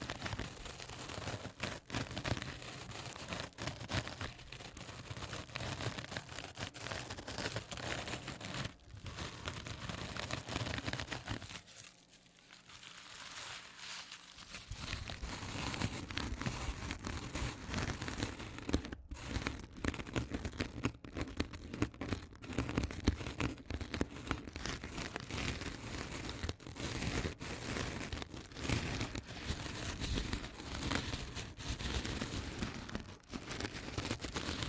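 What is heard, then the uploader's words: A sponge is scratched and rubbed in a dense, steady stream of coarse, crackling friction that fills the low and bright ranges alike. The strokes run almost without pause, except for a quieter, thinner stretch around twelve to fourteen seconds, then resume at full strength. ASMR Sponge Scratching & Rubbing (NO TALKING).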